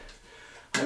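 A retaining clip on a cut-in recessed can light fixture is pushed up into its ceiling cutout. After a stretch of quiet low background noise, a single sharp, bright snap sounds at 0.8 s, and the clip seats tight.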